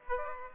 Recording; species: mosquito wingbeat signal from an infrared sensor; Aedes aegypti